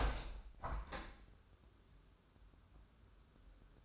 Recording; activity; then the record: daily activity, microphone in the room; open window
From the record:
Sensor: 2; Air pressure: 1014.7 hPa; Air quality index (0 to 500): 79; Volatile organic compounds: 2 ppm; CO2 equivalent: 1038 ppm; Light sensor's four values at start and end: 8/19/8/8 and 8/19/8/8